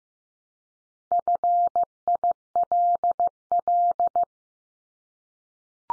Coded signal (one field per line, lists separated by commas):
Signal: Morse code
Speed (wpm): 15 wpm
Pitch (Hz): 700 Hz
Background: none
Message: FILL